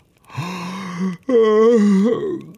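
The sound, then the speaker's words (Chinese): A voice performs a long, drawn-out yawn as the character Ron yawns, a low moaning tone that breaks briefly, then swells again with a wavering pitch before trailing off with a sigh. “罗恩打了个哈欠说。”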